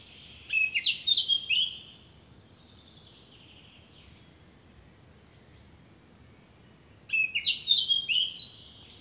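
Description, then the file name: Eurasian blackcap song: two rich, rapid warbled phrases of fluty, varied notes, each lasting about a second and a half, separated by several seconds of quiet. "Sylvia atricapilla"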